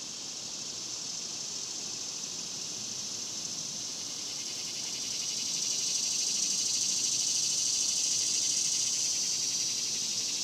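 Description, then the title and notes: Cicadas giving a continuous high buzzing chorus that swells louder around the middle and stays strong to the end. Cicadas recorded outdoors in a cemetery during the daytime in summer. "Ext, Daytime Cicadas, Cemetery, Summer by Bandeto"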